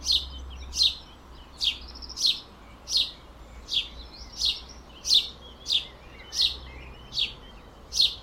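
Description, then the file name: House sparrow giving repeated sharp chirps, each a short bright note, over a low background hum. "Passer domesticus"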